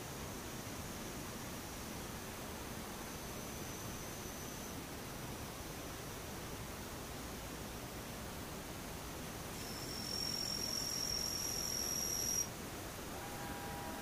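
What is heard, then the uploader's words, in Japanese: Daytime insects sound over a steady, even hiss with a soft low rumble underneath. A thin, high insect whine hangs faintly through the first five seconds, then a louder, piercing buzz with a sharp edge starts near ten seconds and cuts off abruptly around twelve. ムシ昼。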